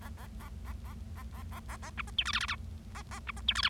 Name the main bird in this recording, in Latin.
Lonchura striata domestica